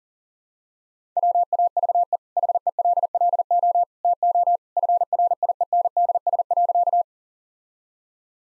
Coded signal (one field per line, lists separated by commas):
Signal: Morse code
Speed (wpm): 37 wpm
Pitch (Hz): 700 Hz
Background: none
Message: WAVE HELLO TO FRIENDS.